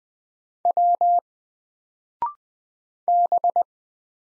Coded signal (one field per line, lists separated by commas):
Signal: Morse code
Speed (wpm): 20 wpm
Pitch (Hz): 700 Hz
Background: none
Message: W B